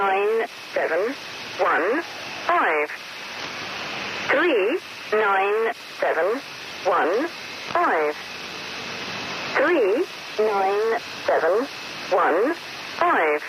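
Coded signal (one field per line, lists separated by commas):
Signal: numbers station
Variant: Lincolnshire Poacher, English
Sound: synthetic English voice reading digits evenly, repeating five-digit group 3 9 7 1 5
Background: radio static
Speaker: So the Linkshshire Poacher like I've mentioned before is one of the most famous number stations.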